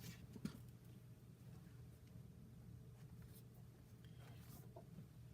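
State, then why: Seated. A thin metal cutting die is slid around on a stamp-and-die alignment tool until it clicks into its locating spot, with a faint click at 0.5 s. Soft sliding and scraping sounds continue over a steady low hum, with a couple of small ticks later. The die is seated and will no longer move.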